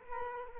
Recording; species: mosquito wingbeat signal from an infrared sensor; Culex quinquefasciatus